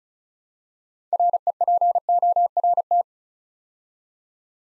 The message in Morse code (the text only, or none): REPORT